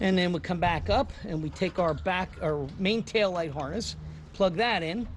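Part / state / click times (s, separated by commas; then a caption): main wiring harness plug into tail light connector / not seated / none. The main tail light wiring harness plug is being brought up to the connector of an AKKON LED tail light (part #B07CC4C5B3) on a 2013 Ram 1500 while someone talks throughout over a low steady hum. The plug has not seated or clicked yet by the end of the clip.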